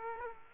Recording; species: mosquito wingbeat signal from an infrared sensor; Aedes aegypti